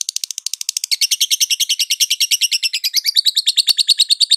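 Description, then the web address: Lovebird chattering: a rapid, steady stream of shrill buzzy notes, continuing throughout without pause. Female. "love-bird suara-lovebird-betina"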